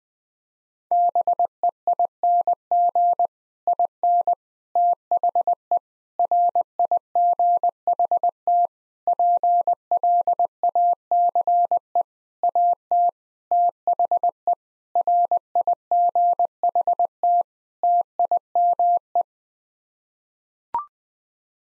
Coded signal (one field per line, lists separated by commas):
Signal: Morse code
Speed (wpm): 21 wpm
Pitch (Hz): 700 Hz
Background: none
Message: BEING IN THE RIGHT PLACE AT THE RIGHT TIME